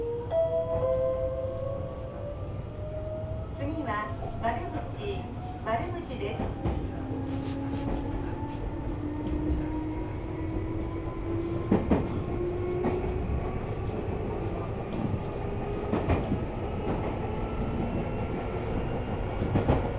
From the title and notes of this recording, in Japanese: 名鉄尾西線 玉ノ井→名鉄一宮→津島→弥富。名前の通り尾張の西側を走るのでほぼ単線区間ですが、乗車率はそこそこあります。